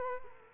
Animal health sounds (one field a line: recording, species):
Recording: mosquito wingbeat signal from an infrared sensor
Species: Culex quinquefasciatus